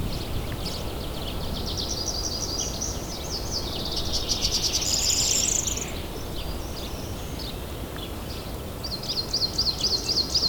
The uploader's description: nature sounds with piano